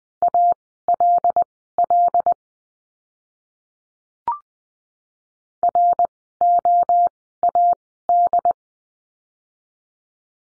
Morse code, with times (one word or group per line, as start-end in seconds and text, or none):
0.2-2.3 ALL
5.6-8.5 ROAD